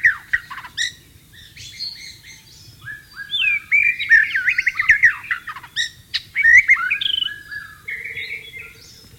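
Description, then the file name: White-rumped shama song, a varied run of clear whistles, rapid trills and quick chattering notes in bursts, with brief pauses between phrases. "suara burung murai batu di alam liar"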